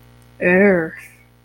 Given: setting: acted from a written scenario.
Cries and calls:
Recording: vocal sound without words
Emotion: contempt

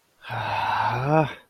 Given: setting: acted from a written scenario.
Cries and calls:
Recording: vocal sound without words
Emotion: guilt

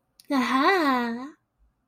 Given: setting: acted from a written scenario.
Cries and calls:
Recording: vocal sound without words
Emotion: pride

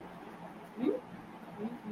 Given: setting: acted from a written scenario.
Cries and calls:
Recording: vocal sound without words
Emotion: romantic love

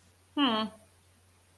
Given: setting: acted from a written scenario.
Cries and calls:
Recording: vocal sound without words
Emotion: neutral

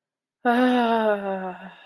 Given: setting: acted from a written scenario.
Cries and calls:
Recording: vocal sound without words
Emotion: ecstasy

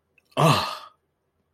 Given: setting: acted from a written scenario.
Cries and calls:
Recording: vocal sound without words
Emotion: disgust

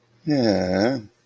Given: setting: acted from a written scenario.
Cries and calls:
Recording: vocal sound without words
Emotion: sympathy

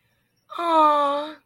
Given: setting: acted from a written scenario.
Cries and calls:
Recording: vocal sound without words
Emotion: adoration

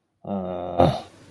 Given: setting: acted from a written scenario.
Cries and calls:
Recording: vocal sound without words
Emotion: guilt

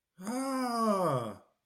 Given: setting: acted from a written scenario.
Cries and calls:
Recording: vocal sound without words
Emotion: elation

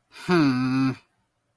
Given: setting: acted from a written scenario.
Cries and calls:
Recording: vocal sound without words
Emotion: contempt

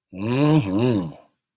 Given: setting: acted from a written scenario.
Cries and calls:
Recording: vocal sound without words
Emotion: desire

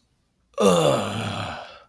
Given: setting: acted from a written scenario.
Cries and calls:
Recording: vocal sound without words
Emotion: disgust

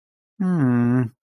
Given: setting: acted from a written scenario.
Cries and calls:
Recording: vocal sound without words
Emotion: sympathy

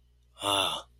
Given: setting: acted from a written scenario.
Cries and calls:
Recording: vocal sound without words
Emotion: guilt

